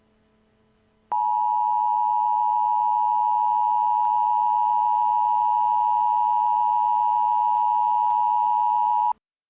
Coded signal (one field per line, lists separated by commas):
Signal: Emergency Alert System (SAME) tones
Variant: 853 and 960 Hz attention tone